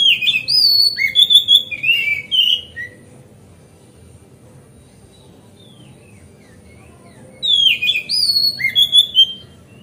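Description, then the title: Oriental magpie-robin song: a varied phrase of bright, swooping whistles and chips, a long quiet gap, then a second similar phrase near the end. Song style described as masteran (tutored song); recorded on a terrace. "Kacer Masteran Teras"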